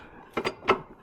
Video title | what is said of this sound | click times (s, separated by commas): How to install a throw out bearing on a pull type pressure plate | pops right in | 0.7 s